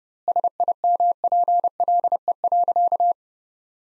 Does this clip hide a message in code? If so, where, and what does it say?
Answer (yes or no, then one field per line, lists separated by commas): yes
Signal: Morse code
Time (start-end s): 0.3-3.1 s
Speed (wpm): 32 wpm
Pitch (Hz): 700 Hz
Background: none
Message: SIMPLE.